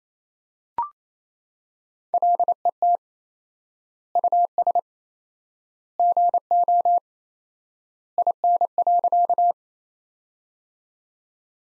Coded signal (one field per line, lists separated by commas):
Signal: Morse code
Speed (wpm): 28 wpm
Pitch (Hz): 700 Hz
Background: none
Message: LET US GO IN.